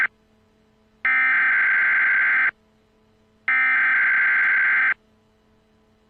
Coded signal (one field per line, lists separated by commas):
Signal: Emergency Alert System (SAME) tones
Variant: header bursts